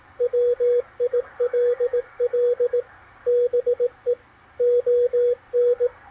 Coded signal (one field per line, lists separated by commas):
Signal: Morse code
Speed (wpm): 18 wpm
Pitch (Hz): 490 Hz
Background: radio noise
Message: WILL BE ON